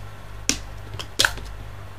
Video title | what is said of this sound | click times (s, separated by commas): Фильтры внутренние Aquael модели Fan 1, Fan 2 и Fan 3 | там происходит очень легкий щелчок то есть не надо дальше вы можете сломать и | 0.5 s, 1.2 s